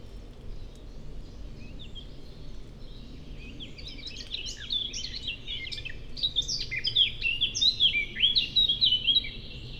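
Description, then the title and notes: Blackcap song: a soft, subdued warble that builds into brighter whistled notes in the second half, over a steady low background hum. Several birds recorded in passing in the heart of the Forêt de Chautagne, on a wide drivable track near roads, Serrières-en-Chautagne, France; Dodotronic stereo parabola (EM172), Zoom H4n pro. "Forêt de Chautagne - Serrières-en-Chautagne, France - Fauvette à tete noire. j'enregistre "au vol" ces fauvettes à tete noire. Merci à Marc Namblard pour les identifications"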